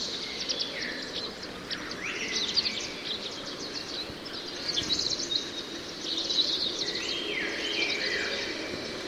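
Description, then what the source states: Tristram's starling calls: several smooth whistled sweeps, rising then falling, heard through a crowded chorus of high chirping birds with continuous background noise. Several birds; soundscape.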